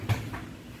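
A newly fitted DIY gas tank cover on a Giorno scooter is closed onto the scooter body for the first time after the last screw is fitted. A short thud-clack sounds as it shuts at 0.1 s, followed by a softer tail. The cover seats and sits flush.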